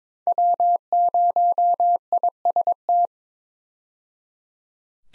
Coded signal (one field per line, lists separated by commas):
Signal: Morse code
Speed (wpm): 22 wpm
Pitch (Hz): 700 Hz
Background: none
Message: W0IST